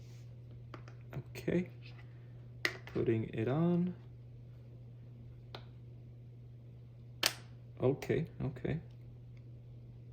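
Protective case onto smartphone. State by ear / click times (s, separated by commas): seated / 7.3 s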